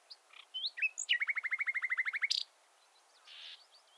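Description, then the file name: Common nightingale song: a few scattered whistles, then a fast run of about fifteen repeated notes ending in a harsh burst, with soft notes after. "Luscinia megarhynchos"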